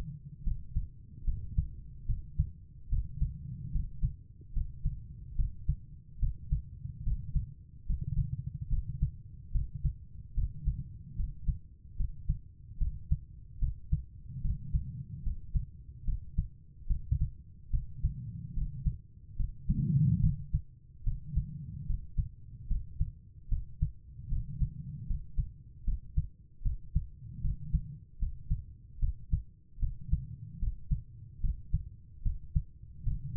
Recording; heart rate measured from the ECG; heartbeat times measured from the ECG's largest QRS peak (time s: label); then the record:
heart sounds by stethoscope; 74 bpm
0.43 s: heartbeat
1.24 s: heartbeat
2.05 s: heartbeat
2.88 s: heartbeat
3.71 s: heartbeat
4.52 s: heartbeat
5.35 s: heartbeat
6.19 s: heartbeat
7.03 s: heartbeat
7.85 s: heartbeat
8.68 s: heartbeat
9.51 s: heartbeat
10.34 s: heartbeat
11.15 s: heartbeat
11.96 s: heartbeat
12.77 s: heartbeat
13.58 s: heartbeat
14.41 s: heartbeat
15.22 s: heartbeat
16.04 s: heartbeat
16.86 s: heartbeat
17.70 s: heartbeat
18.53 s: heartbeat
19.36 s: heartbeat
20.20 s: heartbeat
21.03 s: heartbeat
21.85 s: heartbeat
22.67 s: heartbeat
23.48 s: heartbeat
24.28 s: heartbeat
25.06 s: heartbeat
25.84 s: heartbeat
26.62 s: heartbeat
27.40 s: heartbeat
28.18 s: heartbeat
28.99 s: heartbeat
29.79 s: heartbeat
30.58 s: heartbeat
31.40 s: heartbeat
32.22 s: heartbeat
33.03 s: heartbeat
From the record:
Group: healthy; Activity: rest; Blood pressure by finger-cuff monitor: 102/73 mmHg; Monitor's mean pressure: 84 mmHg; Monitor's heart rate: 74 bpm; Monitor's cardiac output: 5.5 L/min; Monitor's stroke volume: 74 mL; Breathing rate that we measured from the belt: 18 breaths a minute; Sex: female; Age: 32 years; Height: 172 cm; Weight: 71.7 kg